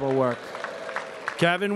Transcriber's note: applause